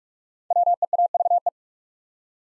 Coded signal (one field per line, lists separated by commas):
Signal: Morse code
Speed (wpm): 44 wpm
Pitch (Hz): 700 Hz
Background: none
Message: WEAVE